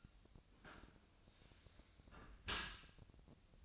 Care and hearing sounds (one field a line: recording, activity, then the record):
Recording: daily activity, microphone in the room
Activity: close dishwasher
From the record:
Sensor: 2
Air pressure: 1003.0 hPa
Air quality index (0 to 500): 197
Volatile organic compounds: 6 ppm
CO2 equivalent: 1872 ppm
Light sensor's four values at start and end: 24/59/26/28 and 24/59/26/28